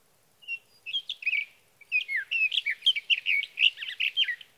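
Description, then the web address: Sage thrasher singing a fast, rambling warble of varied chirpy notes, a short opening burst followed by a longer unbroken sequence; background otherwise quiet. "birdsongforthecurious Sage Thrasher"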